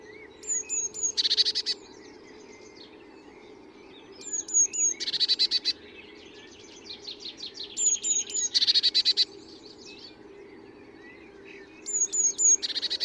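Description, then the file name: Eurasian blue tit delivering repeated bursts of high whistled notes and harsh buzzy scolding, about every four seconds, over a noisy hum. "Cyanistes caeruleus"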